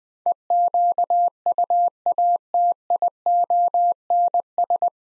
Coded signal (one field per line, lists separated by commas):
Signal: Morse code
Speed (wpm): 20 wpm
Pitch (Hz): 700 Hz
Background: none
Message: EQUATIONS